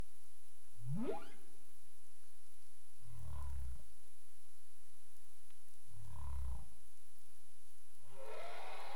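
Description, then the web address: Humpback whale calls: a rising upsweep, two deep grunting moans, then a broad noisy burst at the end, against underwater hiss. Caribbean, recorded 27 April 2035 at 22:35 UTC. "CARIMAM clean data humpback whale"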